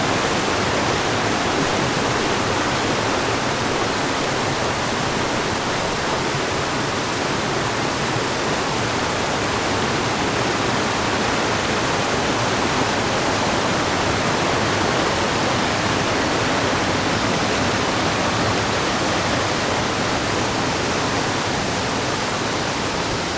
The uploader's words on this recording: Salto do Prego waterfall, Azores. Standing directly above a waterfall in the Azores, with a slow 360 degree sweep of the recorder to capture different aspect and angles of the soundscape as the recording develops.